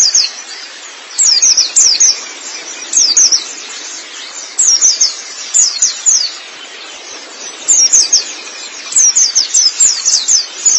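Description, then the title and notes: White-eye song: bursts of quick, high descending chirps, repeated in short flurries every one to two seconds. Long-duration recording of chirping song (kicauan). "Kicauan Burung Pleci Durasi Panjang. Suara kicauan burung pleci"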